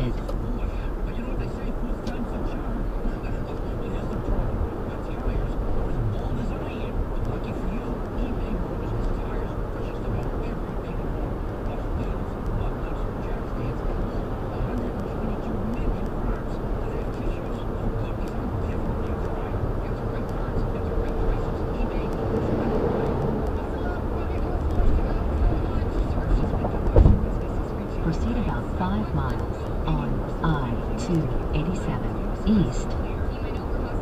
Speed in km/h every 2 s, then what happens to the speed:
109, 111, 113, 113, 113, 114, 114, 114, 116, 116, 116, 116, 114, 113, 113, 113, 113.
0-34 steady at about 113.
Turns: none.